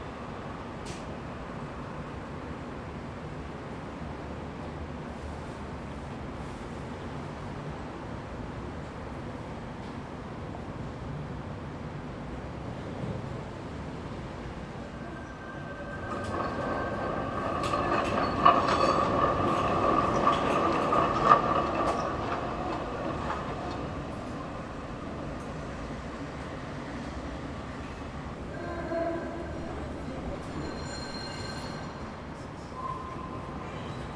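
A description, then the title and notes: Steady low traffic rumble runs throughout, with a train or tram passing from about 16 to 24 seconds, bringing louder rolling noise and high squeals. A second burst of wheel squeal comes around 29 to 32 seconds before the traffic settles again. Trains, Trams And Automobiles. Recorded around 8:30AM near the Rijswijkseplein, The Hague. At this place you can hear a never ending stream of traffic sounds.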